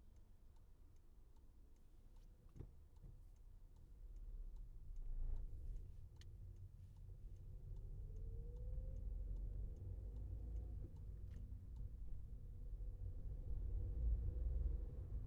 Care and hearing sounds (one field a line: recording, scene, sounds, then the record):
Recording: everyday scene through a hearing-aid microphone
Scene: in a vehicle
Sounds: engine, traffic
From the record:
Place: Skoda Fabia, gasoline engine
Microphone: behind the ear, left, rear